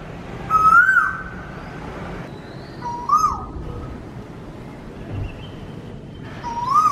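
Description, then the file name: Asian koel song: three loud, clear whistled notes, each rising then dipping slightly, spaced about three seconds apart over a steady background hiss and low rumble. "Koel bird singing sound"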